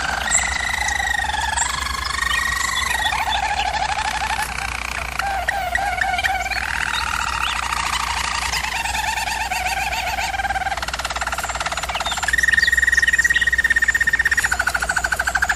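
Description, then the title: German Roller canary song: long continuous rolling trills shifting between pitches, ending on a louder, steady high roll. German Roller canary singing, used for canary song training. "German Roller Canary Singing - Canary Training Vid"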